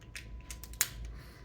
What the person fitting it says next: okay locks in place